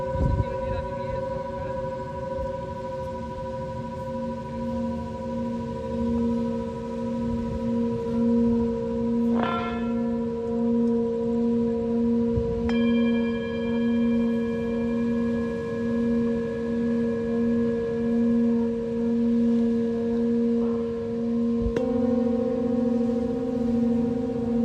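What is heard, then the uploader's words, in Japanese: Singing bowls ring in long, steady sustained tones, freshly struck near 10, 13 and 22 seconds, over a soft rumbling wash underneath. メキシコのビーチにて満月と新月に大体合わせて地道の方達と集っています。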